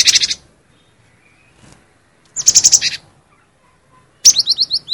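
Cinereous tit singing three rapid bursts of high, chattering notes about two seconds apart; the last burst is a run of quick descending whistles.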